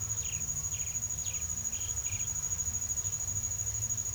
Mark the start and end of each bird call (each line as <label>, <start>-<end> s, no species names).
bird call, 0.00-2.29 s